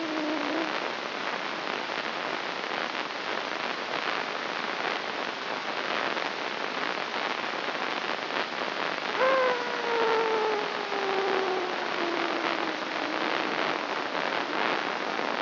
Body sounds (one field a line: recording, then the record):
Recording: brain microelectrode recording played as sound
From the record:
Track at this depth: inside the subthalamic nucleus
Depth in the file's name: 4.717 mm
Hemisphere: left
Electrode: 3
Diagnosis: Parkinson's disease